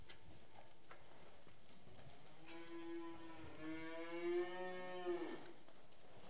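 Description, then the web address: Cattle mooing: one long, deep, harmonic moo lasting about three seconds, over a quiet background. "The BBC Sound Effects Library. Cattle"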